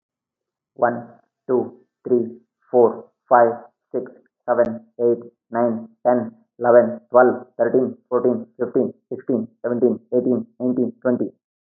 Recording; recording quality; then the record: counting at a normal pace; excellent, no background noise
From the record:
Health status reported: healthy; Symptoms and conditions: none ticked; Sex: male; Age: 37 years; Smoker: not ticked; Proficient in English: yes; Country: India